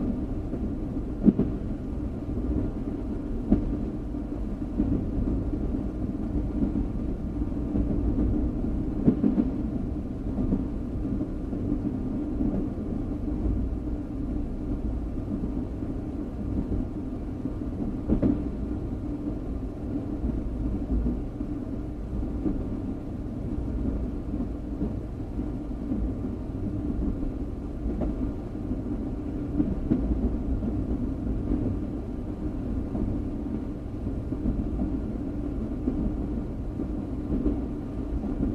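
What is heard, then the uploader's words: A train's steady low rumble rolls on unchanging for the whole stretch, dense and dull, with a few faint clicks and knocks scattered throughout. Train Sound.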